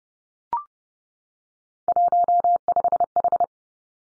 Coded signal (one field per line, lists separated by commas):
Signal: Morse code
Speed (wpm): 30 wpm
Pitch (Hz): 700 Hz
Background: none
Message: 15H